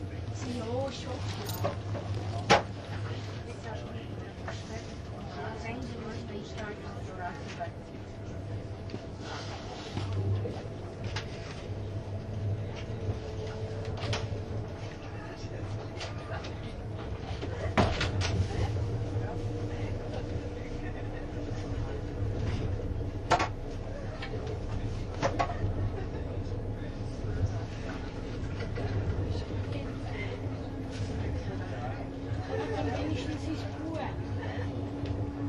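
Running sound recorded aboard a Swiss RABDe 500 ICN tilting train on the Gotthard line. A steady low rumble and hum continue throughout, with brief sharp clicks and knocks every few seconds, shifting tones from the drive, and faint voices in the background.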